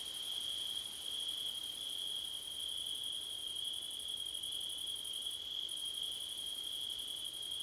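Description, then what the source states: High, steady cricket trill with a fast pulsed chirping above it, the upper layer falling silent for a moment near the end; gentle low hiss. Crickets on a September night, with wind, recorded with a Blumlein stereo microphone pair.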